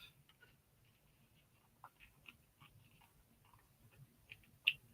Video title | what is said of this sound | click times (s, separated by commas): G.I. Joe New News... (Classified) Review # 79 Tele Viper & Cobra Flight Pod (Trouble Bubble) | and then when you put the uh uh the dome down, it kind of clicks in place | 4.7 s